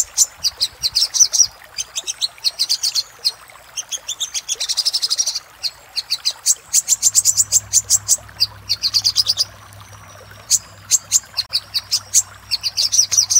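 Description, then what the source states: Little spiderhunter song: long series of shrill staccato notes and dense buzzy trills with pauses; steady low hum in the second half. Master song for training cage birds; labaik variant.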